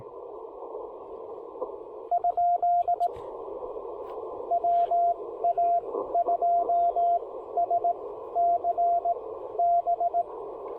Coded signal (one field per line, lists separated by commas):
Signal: Morse code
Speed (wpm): 18 wpm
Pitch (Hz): 690 Hz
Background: radio noise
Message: ? WA2SCB